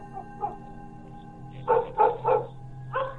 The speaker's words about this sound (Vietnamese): Mấy con chó ở trong làng dường như cảm thấy điều gì đó, cứ chõ mõm ra ngoài đằng ấy mà cắn lên ông ổng đến sót cả ruột.